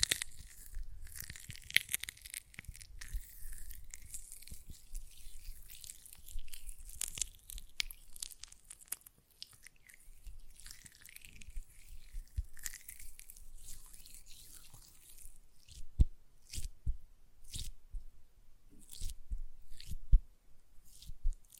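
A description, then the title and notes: Hands work a gel lotion, making soft wet squishes and sticky smacking sounds. A bright, hissy slickness runs through the first half, then the sound thins into sparser, sharper clicks and smacks from about 15 seconds on. Faint low thumps sit underneath throughout. ASMR Gel Lotion Hand Sounds (No Talking).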